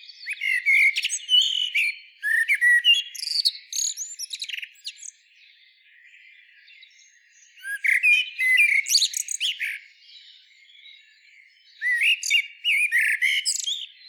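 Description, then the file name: Common blackbird song in three separate bouts of mellow warbling and thin squeaky twitters, each lasting a few seconds with short silences between. "Turdus merula"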